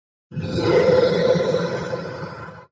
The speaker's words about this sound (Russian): Заорало счастливое мохнатое нечто 2 метров ростом за моей спиной, видя много вкусной добычи.